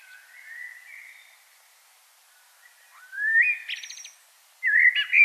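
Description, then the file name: Common blackbird song: a low mellow fluting phrase, then after a pause louder whistled phrases with a rapid high twitter. "Turdus merula"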